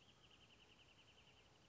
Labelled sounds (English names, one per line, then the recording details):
Wrentit
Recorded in Sonoma County, California